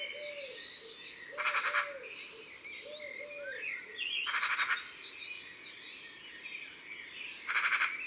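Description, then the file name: Eurasian magpie loud rasping chatters, three short bursts a few seconds apart, over a background of other birds' whistles and low arched notes. "Pie bavarde ABC des chants doiseaux"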